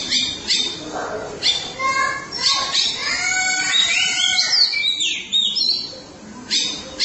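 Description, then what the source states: Oriental magpie-robin song mixing sharp clicks, buzzy harmonic notes and rising, twisting whistles in a busy, varied sequence. Chirping song (kicauan) of the bird.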